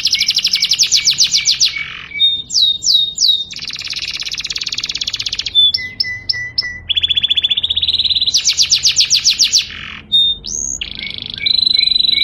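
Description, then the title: Canary in continuous song, alternating long fast rattling trills with short whistled notes and quick chirps, the rolls lasting up to two seconds each. Canary singing the long rolling song style called ngerol panjang. "KENARI NGEROL PANJANG"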